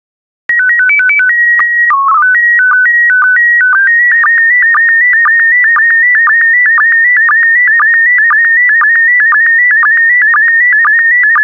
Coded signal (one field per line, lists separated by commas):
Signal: SSTV (slow-scan television)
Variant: PD 120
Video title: 135004 Bald Eagles SSTV PD120